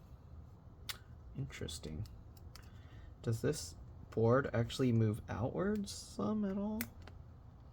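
A Lenovo ThinkPad X1 Carbon Gen 9 laptop motherboard is being handled and fitted into the bottom chassis while someone talks. A few brief, sharp handling clicks and taps sound around 0.9, 2.4, 2.6 and 7.1 seconds. The board has not yet dropped into place or seated.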